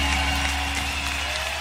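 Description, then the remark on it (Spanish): Continuous crowd applause, a dense wash of many hands clapping at a steady, even level for under two seconds, with a low constant hum underneath and no voices. “aplauso.”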